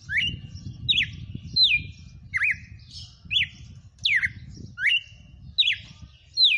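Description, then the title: Red-cowled cardinal song of repeated bright whistled notes that drop sharply then curl upward, roughly every 0.7 seconds, over a steady low rumble. Female, bird named Fenrir, singing. "Canto Galo Campina Fêmea. Galo de campina cantando na cara do FREGUÊS - Esse é o FENRIR"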